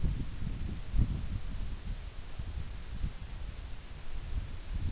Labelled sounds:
none
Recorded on Arctic tundra, site NAIT-1, on 24 June 2019
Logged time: 04:00

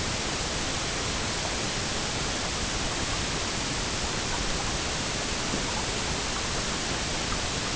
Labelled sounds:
none
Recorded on Arctic tundra, site EABA-MC, on 22 June 2019
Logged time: 16:00

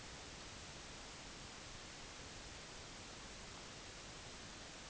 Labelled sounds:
none
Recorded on Arctic tundra, site NAIT-1, on 25 June 2019
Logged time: 10:00

